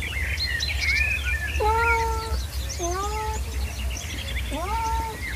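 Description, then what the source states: Cat giving three steady meows, the last one rising, while birds twitter busily in the background over a low rumble. Cat together with birds.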